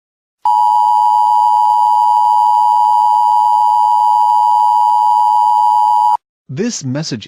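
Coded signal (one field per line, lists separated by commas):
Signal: Emergency Alert System (SAME) tones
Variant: 853 and 960 Hz attention tone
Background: speech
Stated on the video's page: Fictional EAS doomsday scenario.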